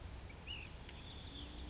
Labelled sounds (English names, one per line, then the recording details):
Ash-throated Flycatcher
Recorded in Sonoma County, California